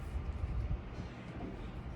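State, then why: Not seated. An infant car seat carrier is picked up and moved toward a Chicco Bravo Primo Air quick-fold stroller frame, with low rumbling handling noise strongest in the first 0.8 seconds and then a quieter, steady background. The carrier has not yet seated or clicked into the stroller frame.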